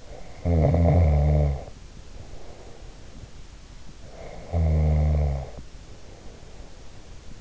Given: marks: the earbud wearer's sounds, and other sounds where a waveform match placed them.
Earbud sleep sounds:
sounds in sleep by an in-ear microphone; snoring breath
0.00-3.40 s: snoring breath
4.03-7.11 s: snoring breath

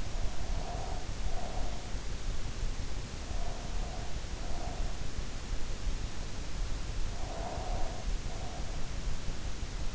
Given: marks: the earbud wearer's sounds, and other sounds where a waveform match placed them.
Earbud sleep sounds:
sounds in sleep by an in-ear microphone; breath
0.00-2.01 s: breath
6.91-8.96 s: breath

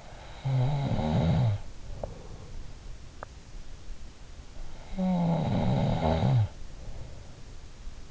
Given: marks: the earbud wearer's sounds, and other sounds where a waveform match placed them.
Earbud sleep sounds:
sounds in sleep by an in-ear microphone; snoring breath
0.00-3.14 s: snoring breath
4.51-7.49 s: snoring breath

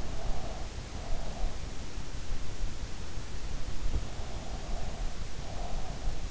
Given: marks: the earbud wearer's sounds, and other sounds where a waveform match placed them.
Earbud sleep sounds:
sounds in sleep by an in-ear microphone; breath
0.00-1.65 s: breath
4.39-5.96 s: breath

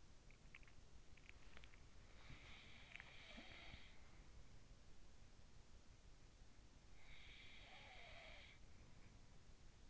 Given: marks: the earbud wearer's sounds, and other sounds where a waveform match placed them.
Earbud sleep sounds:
sounds in sleep by an in-ear microphone; teeth grinding
0.00-3.52 s: teeth grinding
1.27-4.43 s: sound from someone else or the room
6.99-9.37 s: sound from someone else or the room

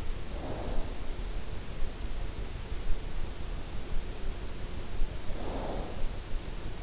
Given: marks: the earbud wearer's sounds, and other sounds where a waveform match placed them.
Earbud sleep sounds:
sounds in sleep by an in-ear microphone; snoring breath
0.00-1.17 s: snoring breath
5.31-6.05 s: snoring breath

